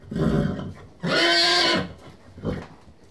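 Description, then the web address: Horse gives a loud, steady, harmonic call lasting almost a second, framed by breathy rumbling snorts before and after. Horses in stables, whickering. "BBC Sound Effects Library. Horses"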